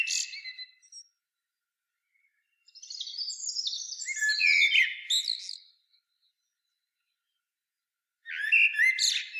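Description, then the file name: Common blackbird song with a short warbled ending, a pause, then a long phrase of high thin notes sliding into loud fluty warbling, and another phrase starting. "Turdus merula"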